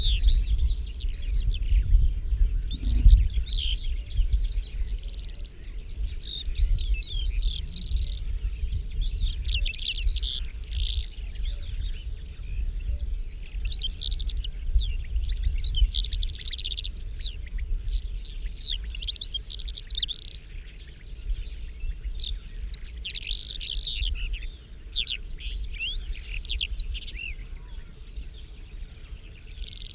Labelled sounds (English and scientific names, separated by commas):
Calandra Lark (Melanocorypha calandra) song